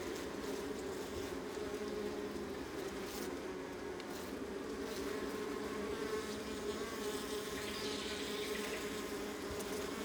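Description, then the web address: Continuous honey bee colony buzz, many overlapping wingbeat hums forming an even drone, with a few faint clicks scattered through. Honey bee colony recorded close up on the Adriatic coast, northern Mediterranean. "Ivo Vicic - Northern Mediterranean soundscapes - Adriatic sea. Honey bee colony close"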